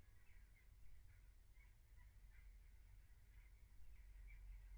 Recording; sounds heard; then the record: poultry house recording; no chicken sound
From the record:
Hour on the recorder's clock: 15